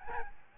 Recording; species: mosquito wingbeat signal from an infrared sensor; Aedes albopictus